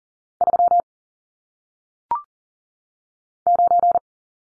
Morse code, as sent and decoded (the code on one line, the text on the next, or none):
...-- / ----.
3 9